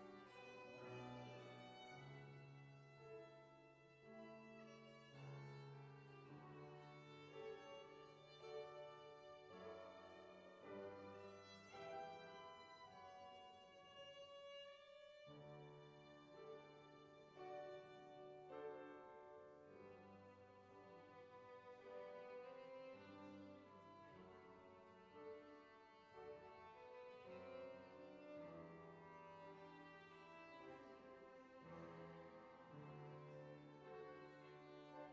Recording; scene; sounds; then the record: everyday scene through a hearing-aid microphone; reverberant space; music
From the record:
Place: church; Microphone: behind the ear, right, front